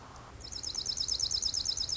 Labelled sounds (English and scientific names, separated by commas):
Dark-eyed Junco (Junco hyemalis)